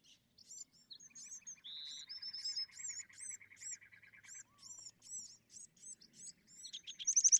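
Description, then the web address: Bewick's wren song with many high slurred notes and a low steady trill, ending in a louder burst of high buzzy notes. "songs Bewick's Wren"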